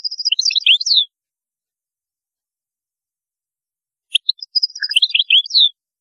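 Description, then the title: European goldfinch song, two brief bursts of bright twittering notes separated by about three seconds of silence. "Chant Chardonneret"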